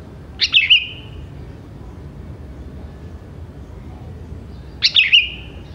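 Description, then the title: Sooty-headed bulbul song, two quick liquid phrases of bright chirps trailing into a level note, separated by several seconds of quiet hum. "Kutilang"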